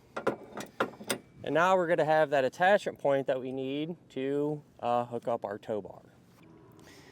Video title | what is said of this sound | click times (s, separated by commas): Set up: Roadmaster Direct-Connect Base Plate Kit on a 2022 Jeep Grand Cherokee WL - NEW body | push them in rotate it about a quarter turn it'll lock into place | 0.8 s, 1.1 s